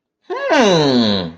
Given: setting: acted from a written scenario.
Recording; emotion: vocal sound without words; interest